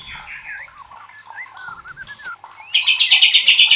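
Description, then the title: White-rumped shama song: warbled whistles and a short string of liquid notes, then a loud rapid rattling trill. Masteran training recording for caged birds, labelled Labaik. "MURAI BATU LABAIK"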